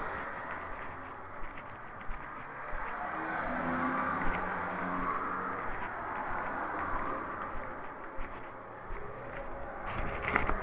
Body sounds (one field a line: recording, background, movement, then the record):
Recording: deep breathing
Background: traffic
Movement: walking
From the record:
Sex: female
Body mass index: 18.3 kg/m2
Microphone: on the chest, facing the body